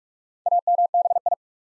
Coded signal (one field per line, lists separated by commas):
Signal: Morse code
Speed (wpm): 44 wpm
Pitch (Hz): 700 Hz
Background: none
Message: AMBI